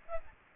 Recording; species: mosquito wingbeat signal from an infrared sensor; Aedes aegypti